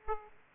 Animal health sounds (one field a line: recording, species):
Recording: mosquito wingbeat signal from an infrared sensor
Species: Aedes aegypti